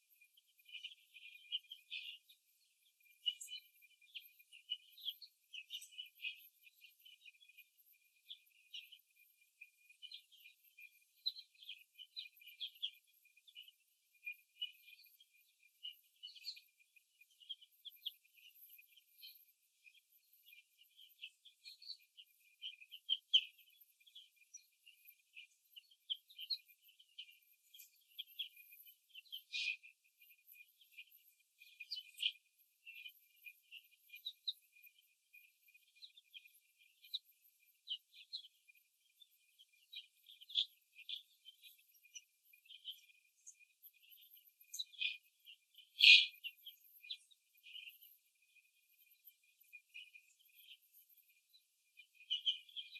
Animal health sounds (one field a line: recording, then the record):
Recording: young laying hens in a cage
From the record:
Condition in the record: before the stressor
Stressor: simulated dog barking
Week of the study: 2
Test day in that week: 3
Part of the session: 2